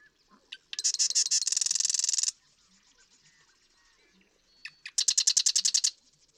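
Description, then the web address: Marsh Wren gives two rattling songs, each opening with separate clicks before a fast mechanical trill, the first longer than the second. "birdsongforthecurious Marsh Wren"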